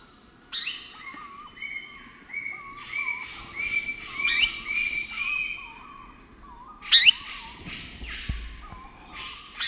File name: vulturine parrot